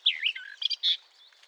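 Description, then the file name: Eurasian blackcap giving a short, rich warbled phrase of quick rising and falling notes, lasting about a second, with a clean quiet background. "Sylvia atricapilla"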